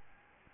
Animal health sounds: mosquito wingbeat signal from an infrared sensor; Aedes albopictus

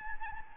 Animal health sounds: mosquito wingbeat signal from an infrared sensor; Anopheles gambiae

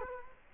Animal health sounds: mosquito wingbeat signal from an infrared sensor; Culex quinquefasciatus

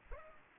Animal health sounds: mosquito wingbeat signal from an infrared sensor; Culex pipiens

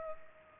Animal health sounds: mosquito wingbeat signal from an infrared sensor; Culex pipiens

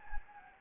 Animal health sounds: mosquito wingbeat signal from an infrared sensor; Anopheles gambiae

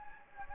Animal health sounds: mosquito wingbeat signal from an infrared sensor; Anopheles gambiae

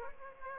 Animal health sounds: mosquito wingbeat signal from an infrared sensor; Aedes aegypti

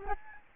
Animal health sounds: mosquito wingbeat signal from an infrared sensor; Aedes albopictus

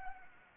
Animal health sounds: mosquito wingbeat signal from an infrared sensor; Anopheles arabiensis

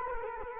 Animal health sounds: mosquito wingbeat signal from an infrared sensor; Culex quinquefasciatus

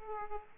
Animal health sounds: mosquito wingbeat signal from an infrared sensor; Aedes aegypti

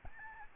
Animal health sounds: mosquito wingbeat signal from an infrared sensor; Aedes albopictus

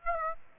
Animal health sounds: mosquito wingbeat signal from an infrared sensor; Aedes aegypti

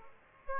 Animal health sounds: mosquito wingbeat signal from an infrared sensor; Aedes aegypti

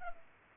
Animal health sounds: mosquito wingbeat signal from an infrared sensor; Culex pipiens

